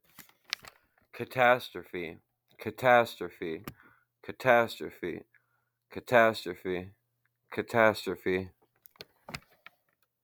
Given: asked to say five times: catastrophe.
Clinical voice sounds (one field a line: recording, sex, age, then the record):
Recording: repeated word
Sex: male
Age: 20 to 29 years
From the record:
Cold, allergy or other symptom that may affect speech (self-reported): no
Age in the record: 28 years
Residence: Minnesota, United States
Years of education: 12